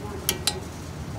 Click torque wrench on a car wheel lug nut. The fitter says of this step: also a click yeah